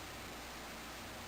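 A rubber fan-mount grommet is pulled up through a fan's mounting hole on a SilenX EFZ-100HA1 low-profile CPU cooler, meant to lock and fix the fan onto the cooler. Only steady, even broadband hiss is heard, with no distinct hits. Nothing has seated or clicked yet.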